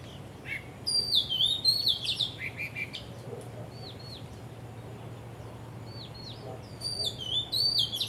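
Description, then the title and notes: Bird singing loud, fluty warbled phrases with rapid slurred notes, then a long pause and a second phrase near the end, with a soft low hum beneath. Birds singing vigorously at Wu Kai Sha, Hong Kong, on 15 December 2006; recorded with AKG condenser microphones in XY stereo. "香港 烏溪沙 雀鳥勁唱歌 Date: 15 December 2006"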